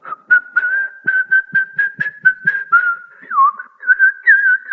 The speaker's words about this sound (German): Ja, da kann man sogar pfeifen.